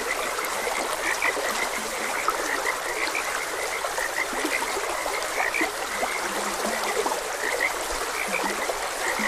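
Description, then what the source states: Frogs: many croak together in quick repeated notes against steady flowing water. Frogs croaking beside a gentle stream.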